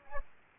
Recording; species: mosquito wingbeat signal from an infrared sensor; Aedes aegypti